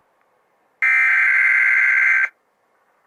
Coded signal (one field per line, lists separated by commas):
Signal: Emergency Alert System (SAME) tones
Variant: header bursts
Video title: WEDNESDAY TESTS... EAS Alerts From 1/5/2022 (EAS #927 - 931)